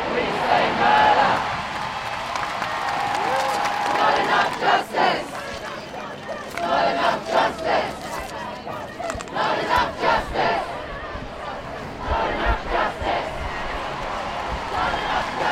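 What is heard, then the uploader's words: Protest crowd outdoors, a dense steady roar of many voices with repeated shouted chants and bursts of cheering rising around four, ten and twelve seconds. This edited audio piece is from the Saturday 6 June Aboriginal and Black Lives Matter protest in Sydney, Australia.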